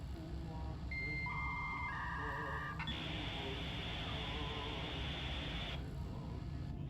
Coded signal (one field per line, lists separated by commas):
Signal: dial-up modem handshake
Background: speech